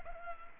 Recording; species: mosquito wingbeat signal from an infrared sensor; Culex pipiens